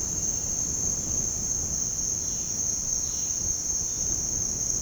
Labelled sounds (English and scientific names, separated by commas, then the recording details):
none
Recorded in dense forest near Puerto Asís, Putumayo, Colombia, on 24 June 2025 at 07:00
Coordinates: 0.499, -76.324
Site G100